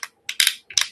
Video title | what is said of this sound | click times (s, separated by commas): DOLLAR STARTS PLUS NEW INSERT DESIGN (new pricing) | Like a pretty satisfying click and it takes some some pressure to pop them out. | 0.4 s, 0.8 s